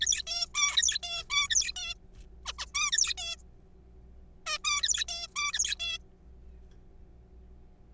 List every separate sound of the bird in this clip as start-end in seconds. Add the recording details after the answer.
0.01-0.23, 0.27-0.46, 0.55-0.98, 1.03-1.23, 1.30-1.48, 1.50-1.72, 1.76-1.94, 2.46-2.53, 2.59-2.66, 2.75-2.90, 2.92-3.14, 3.18-3.36, 4.46-4.58, 4.64-5.05, 5.09-5.27, 5.36-5.51, 5.53-5.75, 5.80-5.98. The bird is a juvenile. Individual R3428